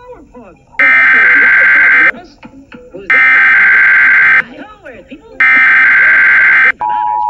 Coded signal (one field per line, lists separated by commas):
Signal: Emergency Alert System (SAME) tones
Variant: header bursts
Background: speech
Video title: Some random Analog Horror/EAS Short I made in my Video and Animation class